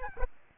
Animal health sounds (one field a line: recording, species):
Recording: mosquito wingbeat signal from an infrared sensor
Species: Aedes albopictus